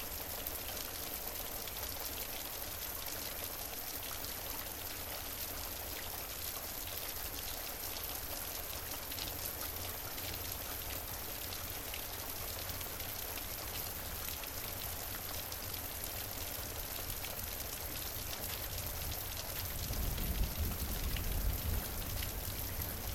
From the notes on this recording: 3d rain with a few thunders